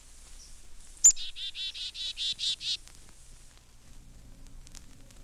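Black-capped Chickadee call, one sharp high chip followed by about eight buzzy dee notes in an even run, then quiet.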